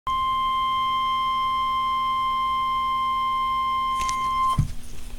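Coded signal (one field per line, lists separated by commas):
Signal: Emergency Alert System (SAME) tones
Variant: 1050 Hz attention tone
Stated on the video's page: Real special marine warning alert tones that went off unexpectedly.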